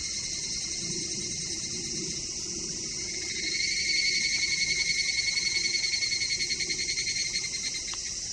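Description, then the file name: Evening cicada song swelling after three seconds into a loud, evenly pulsed high trill that continues and then softens toward the end. "higurashi"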